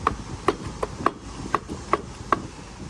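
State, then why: Seated. A clutch drum is lifted and dropped repeatedly inside an automatic transmission case to check that it is fully engaged past the clutch plates. Sharp metal-on-metal clanks ring out at 0.1, 0.5, 1.1, 1.6, 1.9 and 2.3 seconds, rather than a soft clank on the fibers. This confirms the drum is fully seated.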